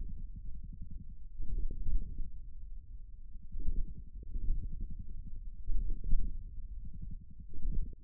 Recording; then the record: forearm muscle sounds (acoustic myography)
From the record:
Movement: hand closing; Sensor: system 1, eight BSWA MPA416 microphones around the upper forearm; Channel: 8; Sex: male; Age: 41 years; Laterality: right